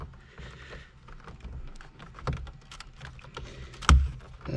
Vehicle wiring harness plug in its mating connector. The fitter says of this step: here we go i hear it popping just always afraid to pop these things